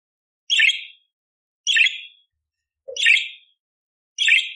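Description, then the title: Budgerigar giving four harsh buzzy chirps at intervals of over a second, each note short and scratchy. Loud, clear chirping (gacor jernih) with rough 'tembakan kasar' fill phrases, used as masteran to train magpie robins (kacer). "Masteran Burung Parkit Gacor Jernih Full Isian Tembakan Kasar Cocok Buat Kacer"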